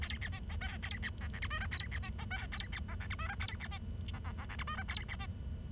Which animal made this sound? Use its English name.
Bengalese Finch